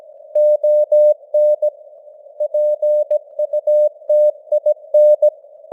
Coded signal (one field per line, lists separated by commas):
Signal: Morse code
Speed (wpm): 17 wpm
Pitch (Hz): 600 Hz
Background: none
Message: ON PUTIN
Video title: Morse Code News | 2025-12-30 | 17wpm